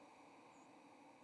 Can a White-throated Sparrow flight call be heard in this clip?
yes